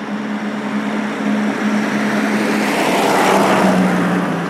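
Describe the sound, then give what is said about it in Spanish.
A car cruises along a highway with the outside temperature at 5 degrees: a steady, loud roar of road and wind noise over a low, constant engine drone, swelling slightly toward the end, with no voices. “La señora de la radio dice que afuera del auto hace 5 grados.”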